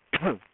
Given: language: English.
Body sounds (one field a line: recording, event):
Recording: throat vibration sensor signal played as sound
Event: cough